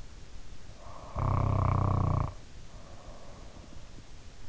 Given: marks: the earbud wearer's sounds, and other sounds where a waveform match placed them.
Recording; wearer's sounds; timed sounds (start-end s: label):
sounds in sleep by an in-ear microphone; snoring breath
0.75-3.77 s: snoring breath